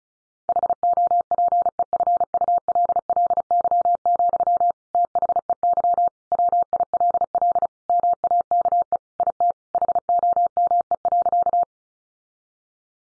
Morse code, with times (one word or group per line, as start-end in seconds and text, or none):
0.5-4.7 HOPEFULLY,
4.9-6.1 THEY
6.3-7.7 WILL
7.9-9.0 MAKE
9.2-9.5 IT
9.7-11.6 HOME.